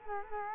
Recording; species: mosquito wingbeat signal from an infrared sensor; Culex quinquefasciatus